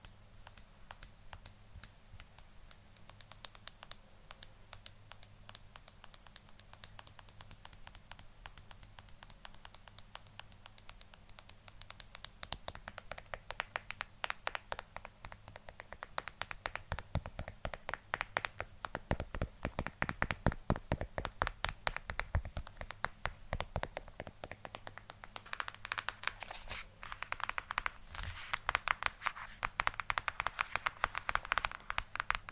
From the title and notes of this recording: ASMR Tapping For Sleep & Relaxation.